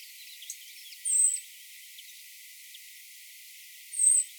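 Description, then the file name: European robin calling with two thin, very high drawn-out notes about three seconds apart. "Erithacus rubecula"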